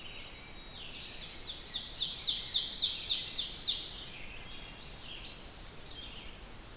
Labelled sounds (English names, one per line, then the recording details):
Ovenbird song
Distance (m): 20 m
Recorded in boreal forest in Alberta, Canada, on 5 June 2016 at 05:34
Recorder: SongMeter 3, array SBT-3-51
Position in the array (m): 246 m, 156 m
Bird 28